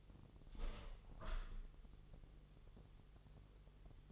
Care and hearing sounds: daily activity, microphone in the room; open window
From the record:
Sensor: 4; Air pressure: 1001.2 hPa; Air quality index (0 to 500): 168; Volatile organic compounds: 2 ppm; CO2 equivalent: 1204 ppm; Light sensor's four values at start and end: 13/29/12/13 and 13/29/12/13

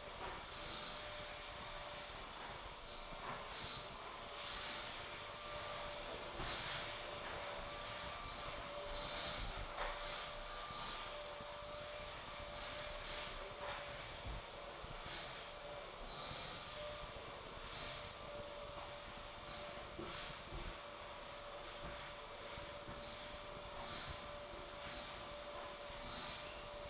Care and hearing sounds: daily activity, microphone in the room; vacuum cleaning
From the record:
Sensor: 5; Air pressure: 1012.0 hPa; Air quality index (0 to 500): 247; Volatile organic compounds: 5 ppm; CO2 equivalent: 1706 ppm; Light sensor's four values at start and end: 33/78/32/32 and 33/78/31/32

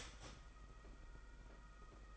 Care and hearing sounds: daily activity, microphone in the room; start toaster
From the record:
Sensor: 5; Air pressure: 991.8 hPa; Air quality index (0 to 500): 165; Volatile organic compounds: 386 ppm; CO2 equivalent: 4648 ppm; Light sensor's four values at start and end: 32/108/40/43 and 32/108/40/43

